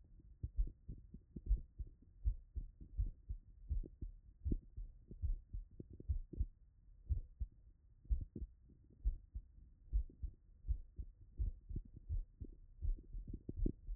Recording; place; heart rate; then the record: heart sounds by stethoscope; Erb's point; 68 bpm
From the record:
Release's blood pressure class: hypertension stage 1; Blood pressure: 135/78 mmHg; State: after exercise